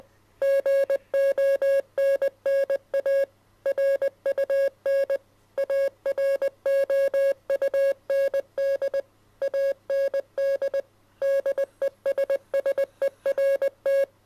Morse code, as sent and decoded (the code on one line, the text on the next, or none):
--. --- -. -. .- / .-. ..- -. / .- .-. --- ..- -. -.. / .- -. -.. / -.. . ... ... . .-. -
GONNA RUN AROUND AND DESSERT